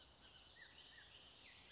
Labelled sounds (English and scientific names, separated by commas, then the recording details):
Bullock's Oriole (Icterus bullockii)
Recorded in Sonoma County, California